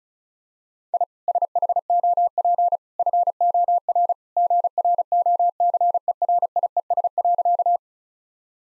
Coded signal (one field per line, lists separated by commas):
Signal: Morse code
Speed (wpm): 36 wpm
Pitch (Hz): 700 Hz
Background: none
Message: I SHOP FOR GROCERIES.